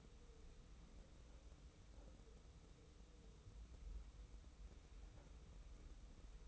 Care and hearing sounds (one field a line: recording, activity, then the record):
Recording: daily activity, microphone in the room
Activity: wipe stove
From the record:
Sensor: 1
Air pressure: 990.5 hPa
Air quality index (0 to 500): 177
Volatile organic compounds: 1000 ppm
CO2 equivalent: 6518 ppm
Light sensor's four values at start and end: 32/75/32/35 and 32/74/32/35